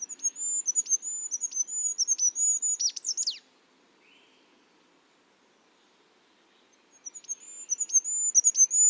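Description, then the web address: Bird song: a high, thin rippling phrase ending in a sharp downward flourish, followed by silence and then a new phrase starting. "cianscape. Deverinetal 2025. Bird Only"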